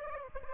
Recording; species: mosquito wingbeat signal from an infrared sensor; Aedes aegypti